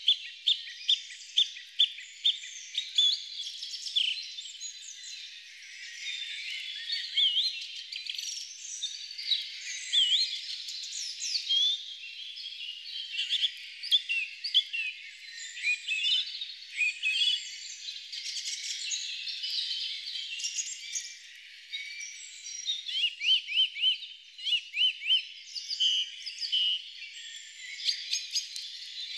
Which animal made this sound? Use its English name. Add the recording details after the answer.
Song Thrush. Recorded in the wild. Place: Waltershofen / Freiburg im Breisgau, Baden-Württemberg, DE. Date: 1996-05-12. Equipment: Dat-Recorder Casio DA 7, Telinga DAT, Telinga-Parabolspiegel. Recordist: Schwarz, Dieter